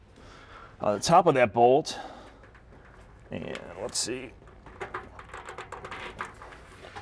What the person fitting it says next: there we go snapped into place nice